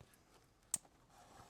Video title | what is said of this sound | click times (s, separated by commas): Repair & Upgrade Jaguar/Land Rover Coolant Pipes: Part 2 (Install) | click into place. | 0.7 s